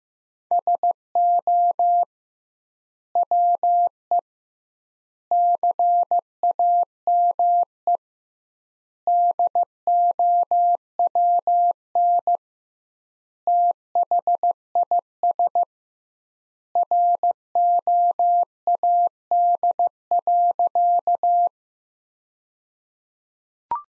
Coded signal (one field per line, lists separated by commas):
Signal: Morse code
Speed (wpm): 16 wpm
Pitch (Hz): 700 Hz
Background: none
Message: SO WE CAME DOWN THIS ROAD.